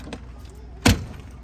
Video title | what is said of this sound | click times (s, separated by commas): Da17w top of the line Lowroof x Highroof (4x2 and 4x4) Quality na gawang Cavite! | naka-lock na po siya ayan | 0.9 s